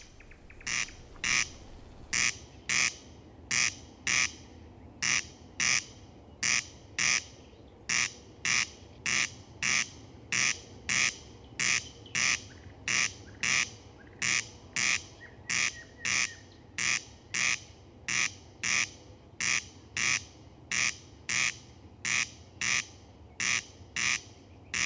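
A corncrake rasps steadily, repeating its dry, harsh double call at a fast, even rhythm throughout, over a faint low hum.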